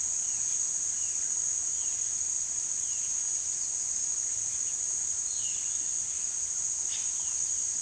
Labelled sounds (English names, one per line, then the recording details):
none
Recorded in pastures near Puerto Asís, Putumayo, Colombia, on 18 February 2024 at 17:00
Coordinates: 0.468, -76.328
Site G6414